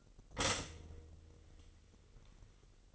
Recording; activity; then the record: daily activity, microphone in the room; stop toaster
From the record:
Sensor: 4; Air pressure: 1002.9 hPa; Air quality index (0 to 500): 239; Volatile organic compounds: 17 ppm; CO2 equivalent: 2593 ppm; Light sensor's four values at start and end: 17/58/22/21 and 22/74/28/28